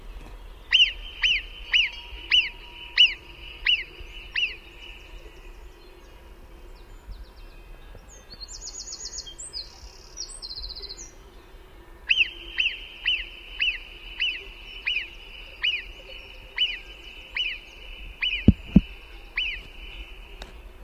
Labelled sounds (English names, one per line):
Alpine Marmot alarm call